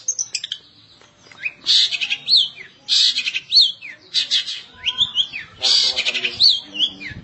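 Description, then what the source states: Long-tailed Shrike song: bursts of harsh, scratchy notes mixed with slurred whistles, in several repeated phrases. Recorded March 2017.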